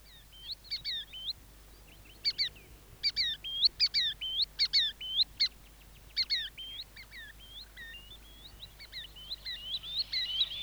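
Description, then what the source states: Green Sandpiper giving clear, high whistled notes in quick bursts of several with short pauses between. Field recording.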